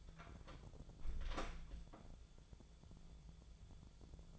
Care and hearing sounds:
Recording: daily activity, microphone in the room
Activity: close door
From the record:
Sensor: 5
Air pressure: 1015.3 hPa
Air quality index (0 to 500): 222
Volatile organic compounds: 13 ppm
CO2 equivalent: 2410 ppm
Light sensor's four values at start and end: 35/80/32/31 and 35/80/32/31

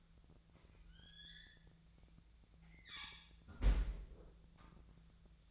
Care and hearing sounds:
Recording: daily activity, microphone in the room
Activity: close fridge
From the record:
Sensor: 3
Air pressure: 1009.6 hPa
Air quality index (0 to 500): 194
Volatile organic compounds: 16 ppm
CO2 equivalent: 2524 ppm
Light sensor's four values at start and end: 35/86/37/39 and 34/86/37/39

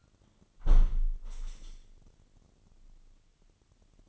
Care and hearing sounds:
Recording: daily activity, microphone in the room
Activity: close window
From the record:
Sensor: 4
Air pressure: 998.7 hPa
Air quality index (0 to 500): 114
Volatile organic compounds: 2 ppm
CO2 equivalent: 1115 ppm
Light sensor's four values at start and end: 10/24/9/10 and 10/24/9/10

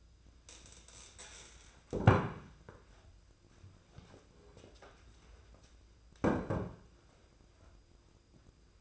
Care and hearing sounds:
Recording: daily activity, microphone in the room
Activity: stand up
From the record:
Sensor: 2

